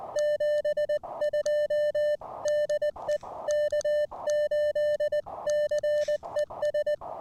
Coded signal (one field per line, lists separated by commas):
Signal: Morse code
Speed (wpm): 19 wpm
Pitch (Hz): 600 Hz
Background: music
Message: 72 DE K8CES